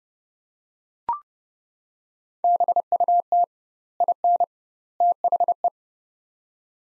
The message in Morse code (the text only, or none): BUT IN THE